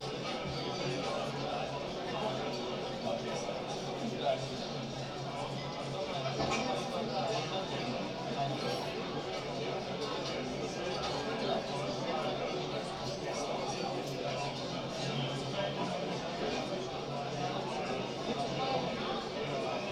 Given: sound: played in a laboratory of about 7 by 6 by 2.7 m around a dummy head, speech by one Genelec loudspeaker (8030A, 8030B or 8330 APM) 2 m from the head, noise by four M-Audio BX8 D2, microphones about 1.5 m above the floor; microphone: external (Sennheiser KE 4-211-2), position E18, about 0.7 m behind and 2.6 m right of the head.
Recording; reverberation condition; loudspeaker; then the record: cafeteria noise; low; four, about 170 cm from the corners of the room and facing them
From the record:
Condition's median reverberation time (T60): about 310 ms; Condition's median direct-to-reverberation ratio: about 3.5 dB